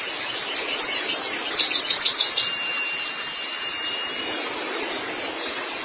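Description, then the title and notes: White-eye song, a short burst of fast high twittering notes, then quieter hiss, with another phrase beginning at the end. Pleci song. "Kicauan Burung Pleci Durasi Panjang. Suara kicauan burung pleci"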